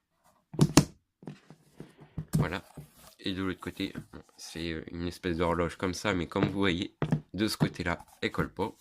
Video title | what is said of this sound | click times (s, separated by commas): Figurine collector Assassin's Creed syndicate | Qui vient se clipser là-dessus. | 0.8 s